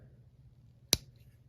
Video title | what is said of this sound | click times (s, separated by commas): February 23, 2025 A Sunday Ramble | you hear that click | 0.9 s